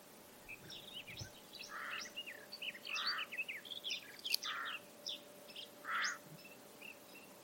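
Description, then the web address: Bird calls, a busy mix of quick high chirps and twittering notes with four louder rounded mid-pitched calls spaced more than a second apart. "Bird Only"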